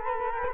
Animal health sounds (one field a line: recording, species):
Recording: mosquito wingbeat signal from an infrared sensor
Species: Culex quinquefasciatus